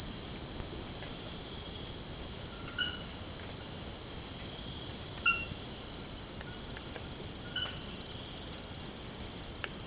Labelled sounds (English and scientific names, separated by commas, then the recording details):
none
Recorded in secondary vegetation near Puerto Asís, Putumayo, Colombia, on 24 March 2025 at 00:00
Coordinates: 0.488, -76.319
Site G095